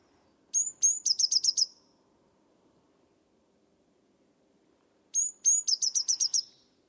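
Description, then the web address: Bird song: two high notes then a rapid burst of six sharp chips, the phrase repeated once about four and a half seconds later over faint hum. "cianscape birddata Deverinetal 2025 Bird Only"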